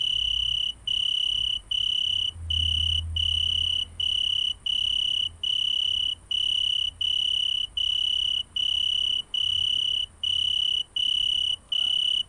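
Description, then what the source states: Italian tree cricket singing a clear, even series of tonal chirps, each under a second long, separated by short silences, over a soft low hum. Song recorded at 23 °C.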